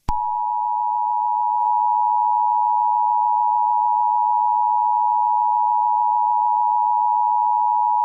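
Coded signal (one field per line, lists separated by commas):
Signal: Emergency Alert System (SAME) tones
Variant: 853 and 960 Hz attention tone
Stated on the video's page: Fictional EAS scenario about a zombie virus outbreak.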